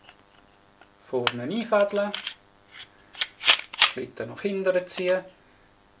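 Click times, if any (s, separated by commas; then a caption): none. After a Timney Alpha trigger is installed in a Glock Gen 3–4 polymer pistol frame, the slide is put back on the frame, held by the takedown lever, and is about to be pulled back until it clicks into place. Someone talks throughout, with sharp handling clicks and rattles around 3.2 to 3.8 seconds. The slide has not yet seated or clicked home on the frame by the end.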